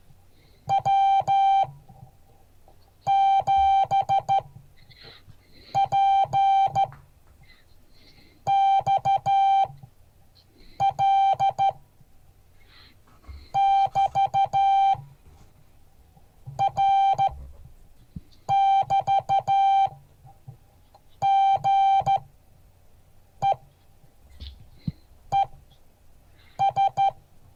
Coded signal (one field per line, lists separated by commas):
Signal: Morse code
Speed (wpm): 13 wpm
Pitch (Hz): 780 Hz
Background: music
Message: W7PXL <BT> R <BT> GE ES